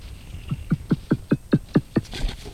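Whale call: a run of eight short, low downsweeping grunts repeated roughly every fifth of a second.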